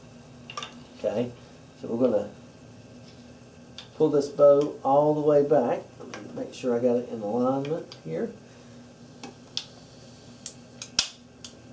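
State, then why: Seated. Someone talks while the string of a 2017 Stryker Katana 360 crossbow is pulled all the way back with a rope cocking aid, with a few small knocks and taps along the way. A sharp click at 11.0 s marks the string latching into the trigger mechanism as the crossbow is cocked.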